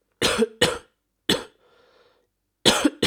Man Cough.